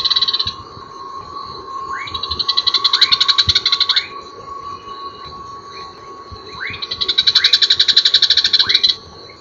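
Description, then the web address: Rufous-collared sparrow song: slurred rising whistles and a fast dry trill, given twice, over steady background tones. "cantos ticotico"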